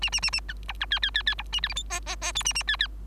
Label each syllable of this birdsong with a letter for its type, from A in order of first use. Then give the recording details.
A A A A B C D D D D B A E F G H H H I A A D D. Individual Bird3